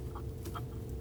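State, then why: Not seated. A plastic wiring harness connector is handled at the brake light switch of a 2009-2017 Volvo XC60, ready to be pushed on. A steady low hum runs throughout, with faint, short chirp-like tones and a brief sharp tick at about 0.5 seconds. Nothing has seated or clicked yet.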